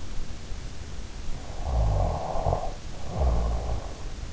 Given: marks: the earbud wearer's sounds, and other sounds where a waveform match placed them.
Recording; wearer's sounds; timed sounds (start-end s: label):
sounds in sleep by an in-ear microphone; snoring breath
1.11-4.09 s: snoring breath